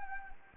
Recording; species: mosquito wingbeat signal from an infrared sensor; Anopheles gambiae